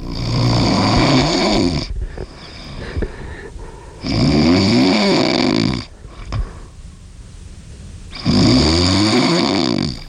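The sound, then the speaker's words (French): A man snores three loud, rasping snores, each lasting about two seconds, separated by quieter breathing pauses in a slow, regular rhythm. Each snore carries a rough, rattling low vibration with a bright hissy edge. “C'est vous, mais ça pourrait être nous, hein. Beaucoup de gens dans l'équipe ronflent exactement comme vous, ….”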